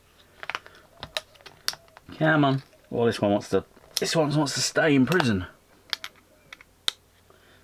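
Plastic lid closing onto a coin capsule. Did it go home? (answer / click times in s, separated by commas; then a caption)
yes / 6.9 s. A coin is placed in a plastic coin capsule and the plastic lid is pressed closed, with light tapping and handling clicks at the start while someone talks. The lid snaps shut with a sharp plastic click at 6.9 s, seating it.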